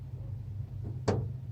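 A screw in the sliding door handle or lock assembly of an L400 is turned out over a steady low hum, and a short, sharp click sounds at 1.1 s. The click marks the end of the thread, and the screw is now free.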